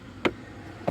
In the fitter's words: but because you put a tiny bit of oil here it snaps in and now easier